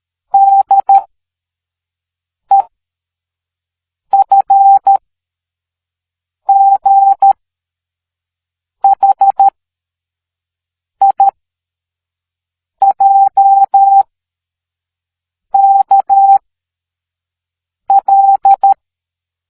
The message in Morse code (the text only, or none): D E F G H I J K L